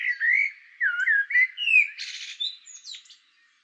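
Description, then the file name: Common blackbird song: a few low, mellow fluted warbling notes sliding up and down, ending in a brief squeaky high twitter. "Turdus merula"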